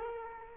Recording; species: mosquito wingbeat signal from an infrared sensor; Culex quinquefasciatus